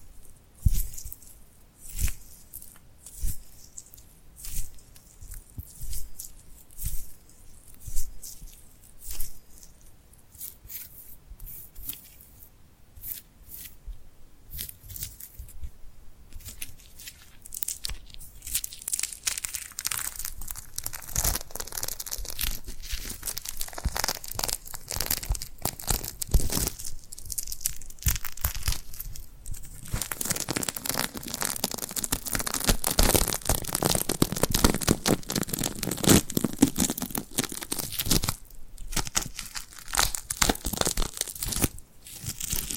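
Glued hands pressed together and pulled apart, making sticky peeling, crackling sounds. The first half is sparse, with sharp separate snaps and short gaps. From about 18 seconds the sticky crackle becomes dense and continuous, louder and brighter, with brief pauses near 27 and 30 seconds.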